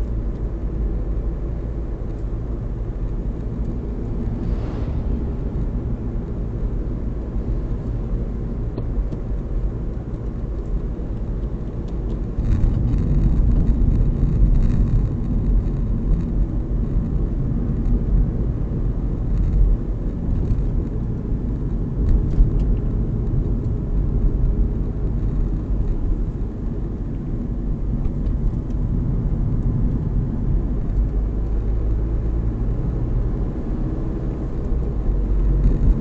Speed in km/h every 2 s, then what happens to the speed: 43, 43, 45, 44, 44, 44, 42, 42, 41, 41, 39, 37, 38, 35, 35, 44, 51, 54.
0-28 slows to 35. 28-36 speeds up to 54.